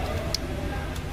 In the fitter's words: You will hear a click sound when it's fixed.